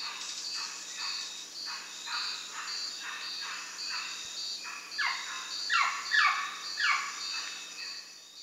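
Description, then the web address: Common woolly monkey uttering a steady series of short, chattering harmonic calls, louder in the later part. South American rainforest primate. "ENTER Music and Audio J - Nature Songs S America Primates of the Rainforest Common woolly monkey"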